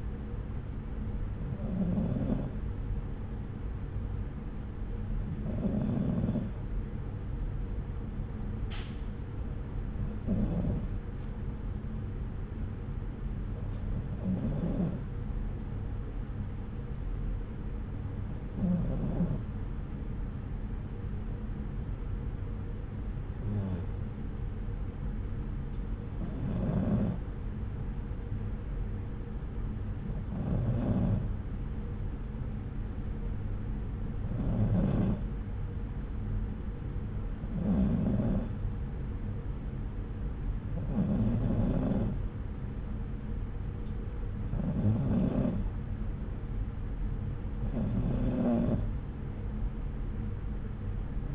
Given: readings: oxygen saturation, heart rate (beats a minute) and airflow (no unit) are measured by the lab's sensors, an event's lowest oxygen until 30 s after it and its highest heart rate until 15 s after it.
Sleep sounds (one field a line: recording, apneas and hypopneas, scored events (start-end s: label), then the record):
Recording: breathing in sleep by a smartphone at the bedside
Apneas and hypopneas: none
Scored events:
none scored
From the record:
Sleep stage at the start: N2 (light sleep)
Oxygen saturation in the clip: 93 to 94%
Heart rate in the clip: 63 to 68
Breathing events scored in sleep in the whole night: 303 in 8.1 hours asleep